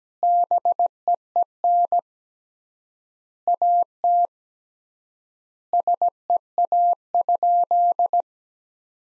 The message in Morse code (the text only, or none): BEEN AT SEA?